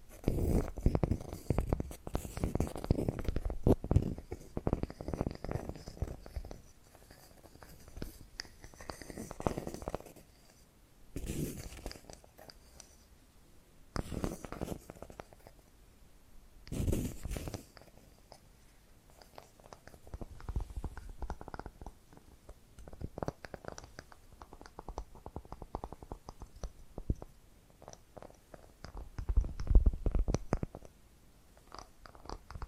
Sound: Hypnotic Tapping and Scratching Sounds